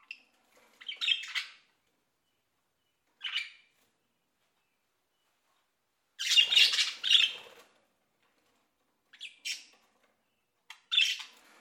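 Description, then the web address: Bird giving harsh, raspy squawks in short bursts separated by silent gaps, with a longer, louder double squawk near the middle. "audio animali uccelli"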